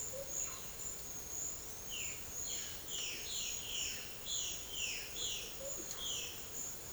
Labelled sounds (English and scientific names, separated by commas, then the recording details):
Violaceous Jay (Cyanocorax violaceus)
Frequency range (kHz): Violaceous Jay (Cyanocorax violaceus) 1.7-4.2 kHz
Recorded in secondary vegetation near Puerto Asís, Putumayo, Colombia, on 8 March 2025 at 13:30
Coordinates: 0.488, -76.319
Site G095